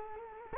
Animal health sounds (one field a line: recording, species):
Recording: mosquito wingbeat signal from an infrared sensor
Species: Culex quinquefasciatus